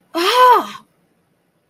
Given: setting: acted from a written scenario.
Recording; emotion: vocal sound without words; pain